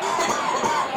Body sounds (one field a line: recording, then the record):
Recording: coughing mixed with background sound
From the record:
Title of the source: Spring Cold Coughing 2